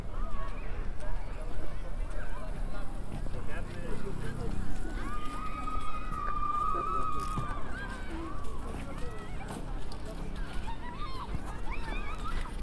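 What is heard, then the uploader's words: Walking through Central Park after a snowstorm, with a steady wash of people talking and calling out all the way through. Voices overlap densely, some brighter shouts rising around the middle, over a low constant rumble and scattered small sounds. A binaural field recording of walking in Central Park after a snow storm. Once I enter the park there are horses, families playing, people talking and eventually me walking in Strawberry Fields covered in 8 inches of snow. It was a windy day, so there is some wind noise.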